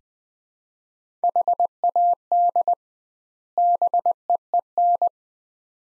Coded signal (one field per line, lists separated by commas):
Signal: Morse code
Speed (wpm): 20 wpm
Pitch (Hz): 700 Hz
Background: none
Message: HAD BEEN